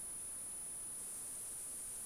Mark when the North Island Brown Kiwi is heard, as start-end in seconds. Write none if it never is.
none